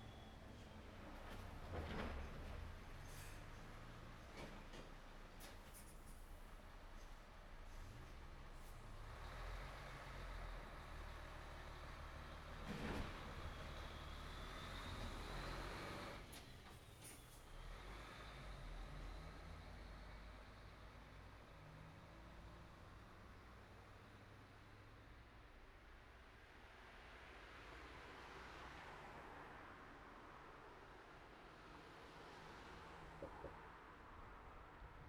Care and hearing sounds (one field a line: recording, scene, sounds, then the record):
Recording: everyday scene through a hearing-aid microphone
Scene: in traffic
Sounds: traffic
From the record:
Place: city secondary road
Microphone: behind the ear, right, rear